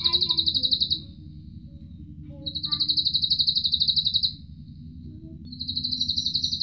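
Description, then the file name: Atlantic canary song: long, rapid high trills lasting one to two seconds each, separated by short pauses, over a low steady hum. Canary singing in the Cililin song style, used as fill (isian) material for training songbirds. "suara kenari isian cililin omkicau"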